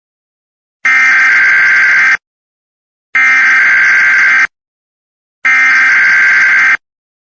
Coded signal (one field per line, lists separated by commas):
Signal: Emergency Alert System (SAME) tones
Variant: header bursts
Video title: EAS Scenario: Hell on Earth South Park Edition